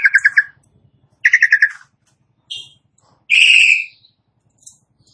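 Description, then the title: Asian pied starling phrases: a stuttered series of harsh notes, a second chattering burst, then a loud drawn-out buzzy squawk separated by short silences. Song reportedly starts in under a minute. "Belum Satu Menit Jalak Suren Langsung Bunyi"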